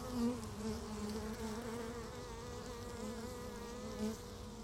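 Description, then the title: Honey bees buzzing steadily in a hive, a dense low hum with a few louder passes of individual bees. Beehive at Laren, Gelderland, recorded 17 July 2015; not a binaural recording. "Beehive. Bijenkorf (Laren Gld., July 17th 2015)"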